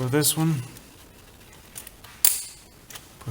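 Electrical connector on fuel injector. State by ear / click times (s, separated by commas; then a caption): seated / 2.3 s. A plastic electrical connector is pushed onto a fuel injector of a 2014 Chevy Cruze Diesel during injector install. Someone talks at the start, then after a quiet stretch with a few faint ticks, a sharp click at 2.3 s shows the connector seating.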